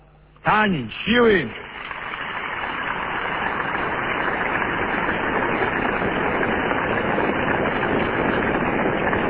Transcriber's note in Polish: oklaski